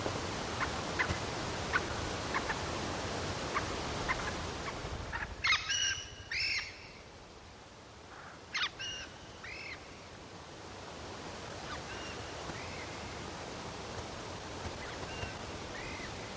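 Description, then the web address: White-tailed ptarmigan giving a few hoarse, harmonic clucking calls in short bursts, followed by fainter similar notes, over rushing background noise. Denali, Alaska, 8 July 2011. "alaska BIRDS 20110708 White-Tailed Ptarmigan"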